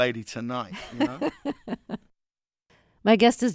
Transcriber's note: laughter